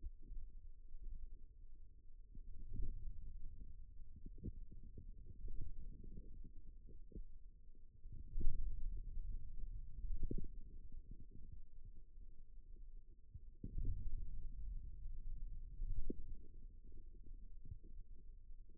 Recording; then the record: forearm muscle sounds (acoustic myography)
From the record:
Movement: ulnar deviation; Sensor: system 2, bracelet of six BSWA MPA416 microphones around the upper forearm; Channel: 1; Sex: male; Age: 22 years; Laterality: right